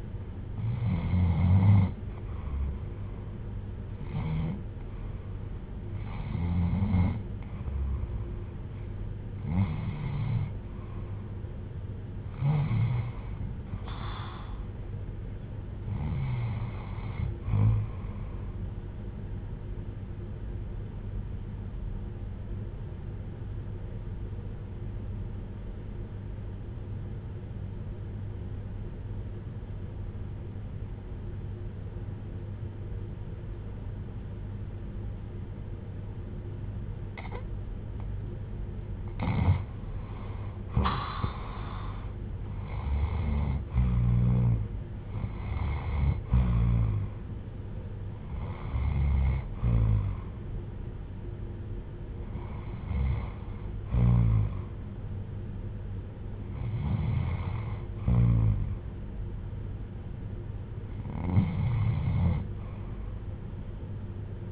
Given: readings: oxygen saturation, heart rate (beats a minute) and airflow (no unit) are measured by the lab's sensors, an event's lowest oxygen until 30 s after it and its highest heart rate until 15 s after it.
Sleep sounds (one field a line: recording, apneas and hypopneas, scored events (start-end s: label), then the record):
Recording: breathing in sleep by a smartphone at the bedside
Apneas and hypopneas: 1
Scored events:
19.00-43.30 s: hypopnea (REM, oxygen 96% highest, then 84% lowest, heart rate 71 at the start, 78 highest)
From the record:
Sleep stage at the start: REM sleep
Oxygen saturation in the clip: 79 to 96%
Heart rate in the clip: 56 to 78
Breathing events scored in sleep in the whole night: 310 in 8.1 hours asleep